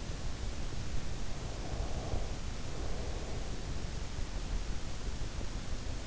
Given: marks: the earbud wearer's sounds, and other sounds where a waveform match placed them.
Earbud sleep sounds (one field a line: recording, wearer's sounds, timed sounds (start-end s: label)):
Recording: sounds in sleep by an in-ear microphone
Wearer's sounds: breath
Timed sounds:
1.52-4.10 s: breath